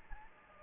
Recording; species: mosquito wingbeat signal from an infrared sensor; Anopheles gambiae